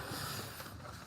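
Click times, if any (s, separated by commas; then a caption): none. A plastic fan shroud piece on a 2011 Nissan Pathfinder is handled and hooked into the small retaining clips on the radiator, producing a steady low rumble and broadband hiss with faint scraping. The part has not seated or clicked yet.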